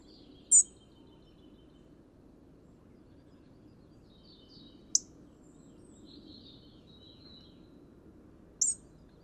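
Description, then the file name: European robin calls: three isolated sharp, high-pitched notes spaced several seconds apart, with soft bird notes and a low continuous rumble between them. "Erithacus rubecula"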